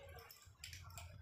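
A small padlock with thread tied to it is closed to lock the thread in place for a rupee-note garland. Its shackle snaps shut with a sharp click at 0.6 s, between softer ticks at 0.3 s and 1.0 s over a low steady hum. The lock is shut and the thread is held.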